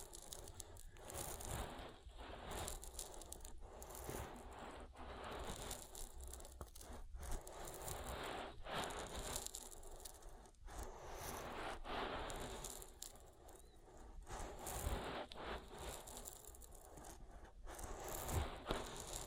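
Oily ear massage sounds: continuous wet rubbing and squishing, dense and fairly even in loudness throughout. Short sharp slips and pops break in every second or so, with brighter slick scraping over a soft low rumble.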